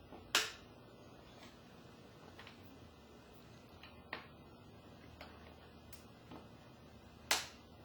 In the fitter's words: once you have pushed them both firmly in and hear the snap of the snap lock connector